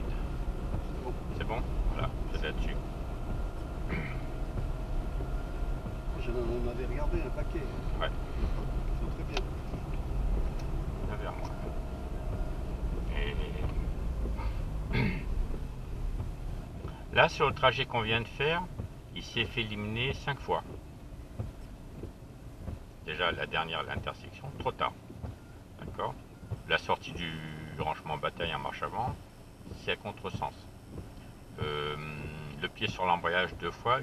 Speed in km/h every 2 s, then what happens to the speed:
32, 33, 33, 33, 33, 33, 30, 23, 16, 11, 6, 0, 0, 1, 0, 0, 0.
0-10 steady at about 33. 10-22 slows to 0. 22-34 standing.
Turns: none.